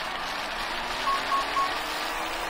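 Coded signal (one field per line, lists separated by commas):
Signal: none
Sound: racing game's timer beeps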